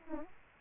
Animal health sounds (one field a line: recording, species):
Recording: mosquito wingbeat signal from an infrared sensor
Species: Aedes aegypti